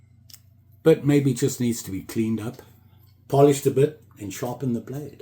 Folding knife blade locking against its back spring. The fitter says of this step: the spring comes out really nicely I mean it locks in that way you can hear it click